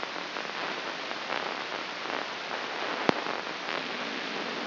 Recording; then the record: brain microelectrode recording played as sound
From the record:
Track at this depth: inside the subthalamic nucleus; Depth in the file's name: 5.314 mm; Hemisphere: left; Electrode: 3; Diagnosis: Parkinson's disease